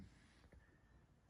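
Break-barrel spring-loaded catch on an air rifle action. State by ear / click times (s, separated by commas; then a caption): not seated / none. The metal break barrel of a CZ 630 air rifle is moved by hand against its spring-loaded catch, giving low, soft handling rumbles and a faint tap around 0.5 s over a steady faint hum. The clip ends before the barrel goes home, so nothing has seated or clicked yet.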